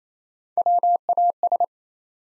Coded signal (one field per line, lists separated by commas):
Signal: Morse code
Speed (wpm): 27 wpm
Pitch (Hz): 700 Hz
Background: none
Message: WAS